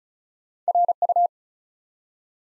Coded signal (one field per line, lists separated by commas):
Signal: Morse code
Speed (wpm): 36 wpm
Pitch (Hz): 700 Hz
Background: none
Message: RU